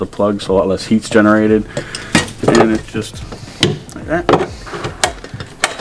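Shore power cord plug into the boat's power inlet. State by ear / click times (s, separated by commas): seated / 5.0 s, 5.6 s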